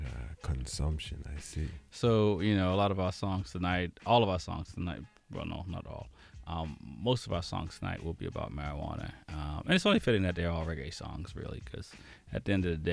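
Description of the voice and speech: A man speaks clearly and fluently at a relaxed, conversational pace in a low voice, introducing the night's songs on a radio show.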